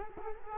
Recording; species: mosquito wingbeat signal from an infrared sensor; Culex quinquefasciatus